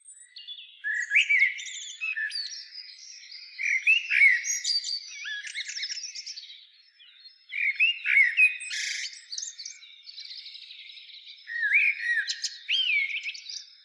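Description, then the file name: Common blackbird song: repeated phrases of chirps, looping whistled notes and scratchy twitters, with brief pauses between bursts. "Turdus merula"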